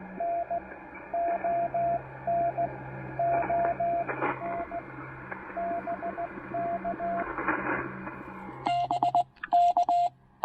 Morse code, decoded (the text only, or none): NON ON BK BK